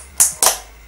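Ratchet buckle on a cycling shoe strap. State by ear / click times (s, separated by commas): released / 0.2 s, 0.4 s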